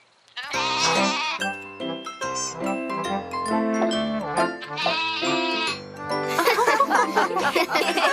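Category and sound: animal, goat bleating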